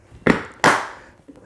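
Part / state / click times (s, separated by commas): double latch on a hard plastic pistol case / seated / 0.3 s, 0.6 s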